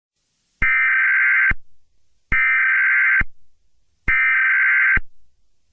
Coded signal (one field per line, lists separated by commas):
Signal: Emergency Alert System (SAME) tones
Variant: header bursts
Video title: EAS scenario #59: Zombie Werewolves Part 2: Demonic Werewolves